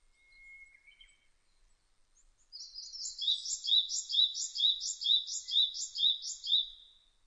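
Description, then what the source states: Japanese tit singing a steady series of paired high whistled notes, repeated about twice a second for several seconds after a faint thin note. Recorded on 26 April 2006.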